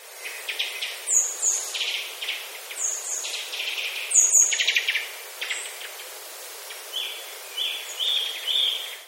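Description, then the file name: Japanese thrush calls: thin, high, downslurred notes over scratchy mid-pitched chatter, ending in a run of flat whistled notes, with a steady background hiss. "kurotsu"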